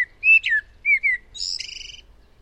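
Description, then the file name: Eurasian blackbird song phrase: a few low, mellow fluted notes followed by a thin, high squeaky twitter, no other sounds. "Turdus merula"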